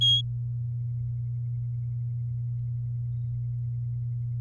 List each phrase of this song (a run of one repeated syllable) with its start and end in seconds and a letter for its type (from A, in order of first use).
0.01-0.21 A